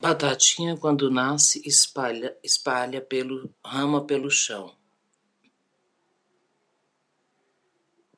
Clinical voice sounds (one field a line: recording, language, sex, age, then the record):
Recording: short text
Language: Brazilian Portuguese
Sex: female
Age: 40 to 49 years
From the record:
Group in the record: control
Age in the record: 48 years